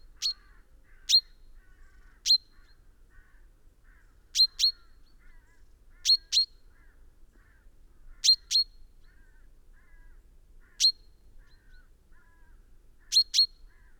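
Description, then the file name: Common chaffinch giving sharp, bright single and paired call notes every two seconds or so. "Fringilla coelebs"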